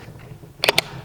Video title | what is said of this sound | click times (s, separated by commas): Drivelines - Land Pride Service | Once it locks in place on the PTO it's going to lock right there. | 0.6 s